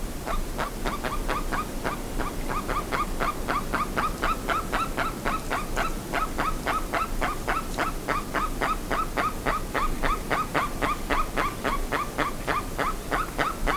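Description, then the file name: Bird repeating quick, harsh notes in a long unbroken sequence, almost four per second, over a steady low-frequency background. "SABIOD 50 bird 2015"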